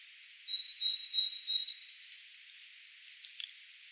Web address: SETE data Parus major